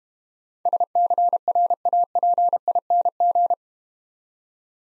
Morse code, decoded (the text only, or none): SCRAPING